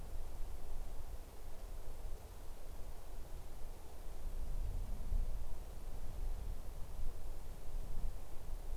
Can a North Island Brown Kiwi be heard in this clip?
no